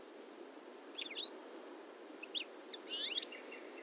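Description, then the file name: European goldfinch calls: a few short, high twittering chirps scattered throughout, with a brief burst of liquid notes near the end over a steady low background hiss. "Carduelis carduelis"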